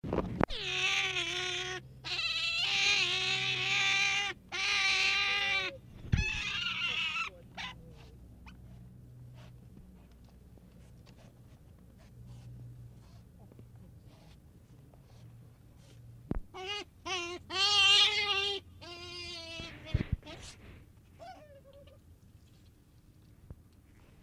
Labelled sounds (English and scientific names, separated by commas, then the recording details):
European Otter (Lutra lutra) call
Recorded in captivity
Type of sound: call
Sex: male
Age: adult
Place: Tierpark Berlin, Berlin, DE
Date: 1964-01-11
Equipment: R 20
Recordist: Tembrock, Günter
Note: Kleines Männchen gegen Wärter mit Futter